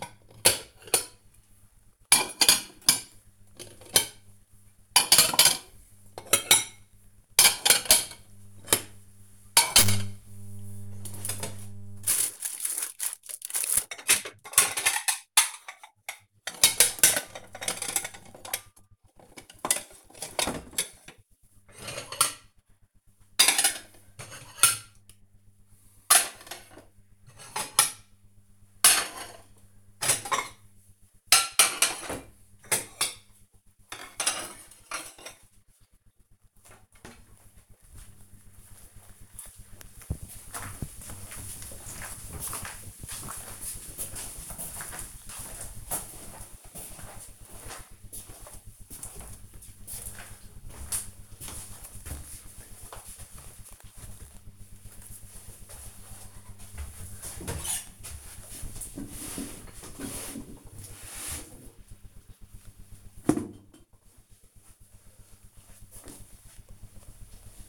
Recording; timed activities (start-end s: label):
household activities, microphone on the right wrist
0.00-37.03 s: putting away the dishes